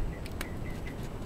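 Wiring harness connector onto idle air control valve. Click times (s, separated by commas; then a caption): 0.4 s. A wiring harness connector is pushed back onto a new idle air control valve on the engine throttle body of a Chrysler 5.9 L V8 being repaired for a P0505 trouble code. Against a steady background hiss, soft taps at 0.3 s and 0.9 s surround the sharpest short click at 0.4 s, taken as the connector latching and seating.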